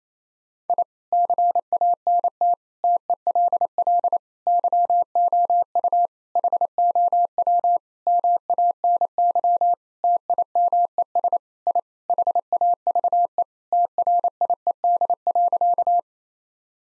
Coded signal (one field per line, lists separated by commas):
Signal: Morse code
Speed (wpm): 28 wpm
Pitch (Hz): 700 Hz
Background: none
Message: I CANT TELL YOU HOW MANY TIMES I HAVE TRIED.